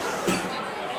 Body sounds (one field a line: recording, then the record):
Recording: coughing mixed with background sound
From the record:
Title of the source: Residual Phlegmy Morning Coughing and Gagging